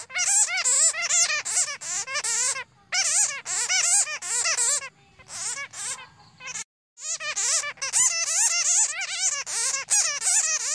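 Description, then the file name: Bat squabbling: long runs of high, trilling squeaks that rise and fall, pausing briefly a few times, with a quieter patch of softer chatter midway. "Tieng doi keu"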